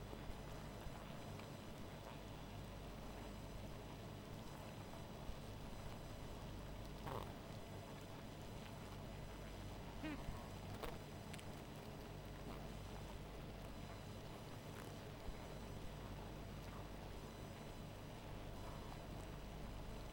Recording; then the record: honeybee colony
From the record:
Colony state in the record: missing queen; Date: 14 July 2017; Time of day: 1:08